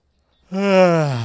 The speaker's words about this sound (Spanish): Oh, hola, hola, me agarró un bostezo así imprevisto, al aire es.